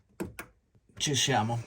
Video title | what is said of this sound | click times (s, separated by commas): CAMBIO FILTRI GPL LANDIRENZO LI 02 + ADDITIVO #sintoflon #cleangas | to insert the wiring you just need to press inside you will hear a click here we | 0.2 s